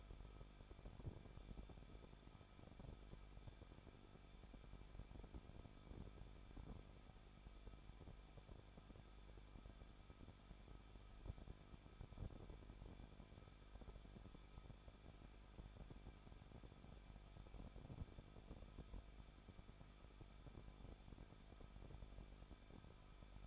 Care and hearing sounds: daily activity, microphone in the room; no activity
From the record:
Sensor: 5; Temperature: 20.8 degrees Celsius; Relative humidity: 38.5%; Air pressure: 1006.5 hPa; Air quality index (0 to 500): 191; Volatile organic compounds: 20 ppm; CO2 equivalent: 2695 ppm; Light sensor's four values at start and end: 2/3/1/1 and 2/3/1/1

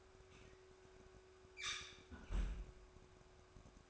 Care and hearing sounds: daily activity, microphone in the room; close fridge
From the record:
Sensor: 2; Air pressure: 1004.5 hPa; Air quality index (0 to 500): 184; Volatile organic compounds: 10 ppm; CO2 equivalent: 2210 ppm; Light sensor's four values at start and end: 4/11/4/4 and 4/11/4/4

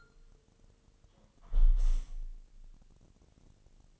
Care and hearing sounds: daily activity, microphone in the room; close window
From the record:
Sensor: 4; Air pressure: 1000.6 hPa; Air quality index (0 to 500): 242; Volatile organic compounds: 40 ppm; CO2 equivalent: 3141 ppm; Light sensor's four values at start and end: 9/21/8/8 and 9/20/8/7

